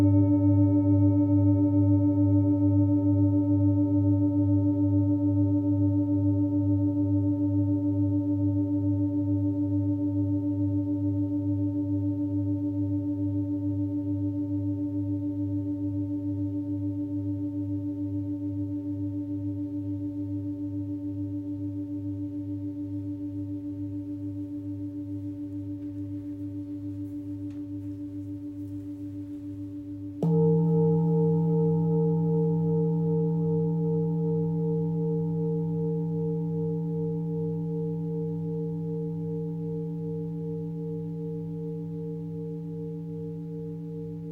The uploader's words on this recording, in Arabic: تقدّم … في هذه الحلقة جلسة علاج بالصوت عبر استخدام تقنية أوعية الغناء التبتية والأوعية الكريستالية .